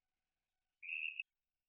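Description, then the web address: Hourglass tree frog call: one short, high, steady note lasting under half a second, with silence before and after. "hylidae Dendrosophus-ebbraccatus"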